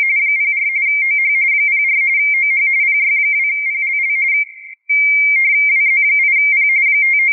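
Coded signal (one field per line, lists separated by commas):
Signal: RTTY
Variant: 45.45 baud, 170 Hz shift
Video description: A small snapshot of my screen, with N1MM + MMTTY + GRITTY during my QRP operation at the 2023 edition of CQWW RTTY. Did not remember the band at the recording moment. May be 10m (5W + Moxon).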